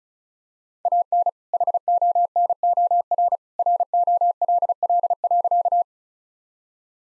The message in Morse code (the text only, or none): AN HONOR ROLL.